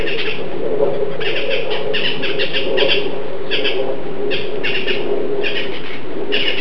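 Bird calling with harsh, raspy bursts repeated in uneven runs, over a steady low hum throughout.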